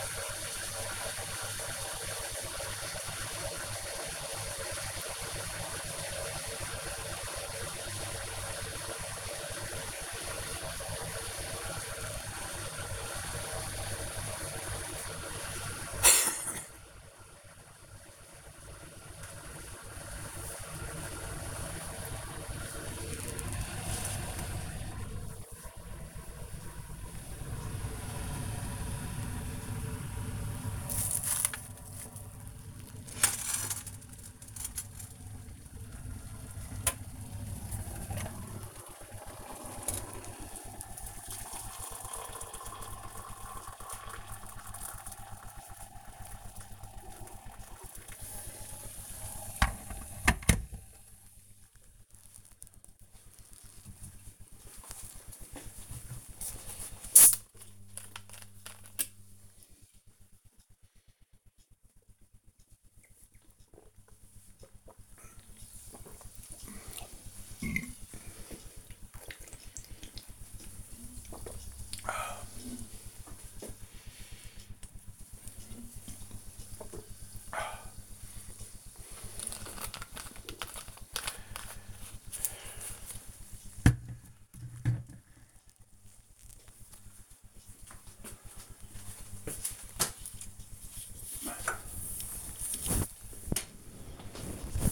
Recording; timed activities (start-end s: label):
household activities, microphone on the right wrist
0.00-50.94 s: making tea
55.96-83.11 s: drinking